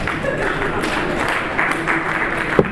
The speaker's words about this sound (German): Also, ihr könnt jetzt klatschen.